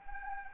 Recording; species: mosquito wingbeat signal from an infrared sensor; Anopheles arabiensis